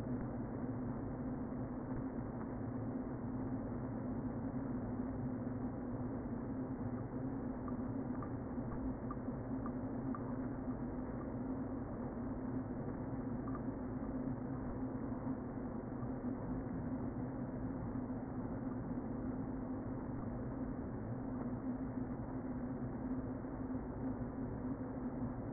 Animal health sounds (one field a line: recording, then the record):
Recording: honeybee colony, microphone inside the hive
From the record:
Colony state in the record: queen present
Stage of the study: before two queens were removed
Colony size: about 60,000 bees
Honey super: yes